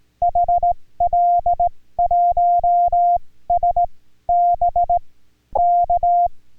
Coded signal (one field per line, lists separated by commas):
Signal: Morse code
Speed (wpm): 20 wpm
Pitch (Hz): 700 Hz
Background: music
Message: HL1SB K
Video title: Chatting in Korean Morse Codes/6K5EIA and HL1SB #Ulsan #CW #6K5EIA #HL1SB #HAM #A1